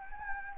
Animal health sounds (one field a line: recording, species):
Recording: mosquito wingbeat signal from an infrared sensor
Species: Anopheles gambiae